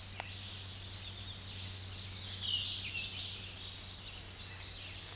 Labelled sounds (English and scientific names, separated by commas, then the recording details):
Tennessee Warbler (Leiothlypis peregrina) song
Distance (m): 35 m
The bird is about 5 m above the microphone
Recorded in a Pennsylvania forest on 16 May 2024 at 07:57
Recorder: AudioMoth, point MSD-2143
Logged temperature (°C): 16.0 °C
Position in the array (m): 31 m, 128 m